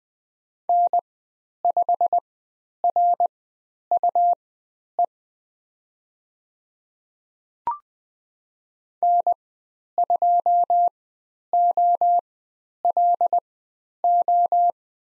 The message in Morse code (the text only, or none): N5RUE N2OLO